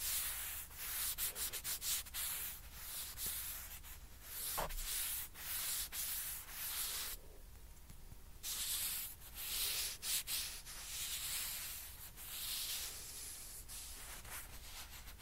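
A ping pong ball is scratched and rubbed in a steady, bright hiss, broken by scattered sharp taps and one louder rush near eight seconds.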